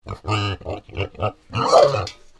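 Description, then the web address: Wild boar giving a series of deep, harsh grunts in short bursts, ending with a longer, louder and harsher call. "hunting animals boar"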